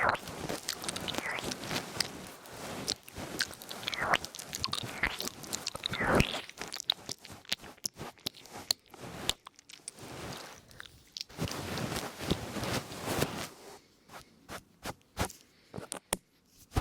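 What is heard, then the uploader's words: Wet mouth sounds and nibbling, with soft crunchy chewing and scraping textures packed densely through the first half. After about eight seconds the sounds thin into separate clicks and smacks with brief silences, ending in sparse, sharp taps. ASMR Ear Noms & Brushing for Tingle Immunity 100% Tingles Mouth Sounds Christmas ASMR.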